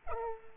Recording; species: mosquito wingbeat signal from an infrared sensor; Culex pipiens